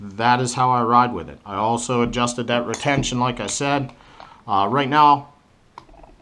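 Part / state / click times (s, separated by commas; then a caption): handgun into IWB holster / seated / 5.8 s. A handgun is pushed into a molded Stealth Gear Onyx inside-the-waistband holster with adjusted retention, which is not very tight, while someone talks for most of the clip. After the talking stops, a sharp click at 5.8 s marks the pistol seating in the holster retention, followed by a fainter tick at 6.0 s.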